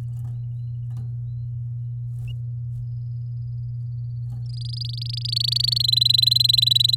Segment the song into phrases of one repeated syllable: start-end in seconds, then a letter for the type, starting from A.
4.45-5.82 A, 5.84-6.95 B